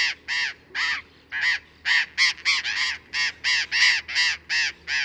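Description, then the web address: Burrowing parrot: harsh, rasping screeches of a Burrowing parrot, repeated rapidly and somewhat irregularly, some notes close together. "parrots cyanoliseus-patagonus"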